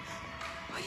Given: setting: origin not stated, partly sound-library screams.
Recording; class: one-second piece from a danger detection set; woman in danger